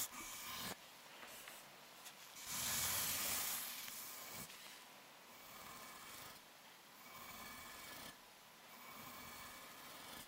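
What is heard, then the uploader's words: Mic scratching and rubbing, a rough hissy texture with a louder swell around three seconds and sharp taps near one, four, and eight seconds. Binaural Triggers. Mic Tapping + Touching + Scratching.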